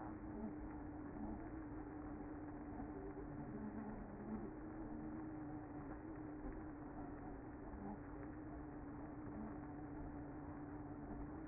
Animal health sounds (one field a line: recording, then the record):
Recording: honeybee colony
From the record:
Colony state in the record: active